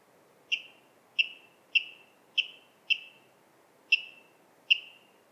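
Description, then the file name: Water rail uttering seven short, sharp notes at roughly half-second to one-second intervals, over faint low background hiss. "Waterral Rallus aquaticus"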